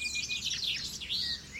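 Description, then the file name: Great kiskadee calling: loud, sweeping high notes that swoop down and rise again in quick succession, over steady low background noise. "bem te vi"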